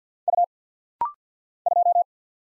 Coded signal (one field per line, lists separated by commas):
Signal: Morse code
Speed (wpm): 50 wpm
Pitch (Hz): 700 Hz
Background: none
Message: U 2